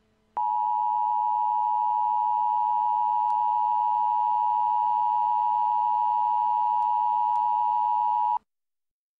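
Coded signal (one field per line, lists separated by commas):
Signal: Emergency Alert System (SAME) tones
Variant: 853 and 960 Hz attention tone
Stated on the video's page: Re-created EAS mock of real Amber Alerts, not the original broadcast.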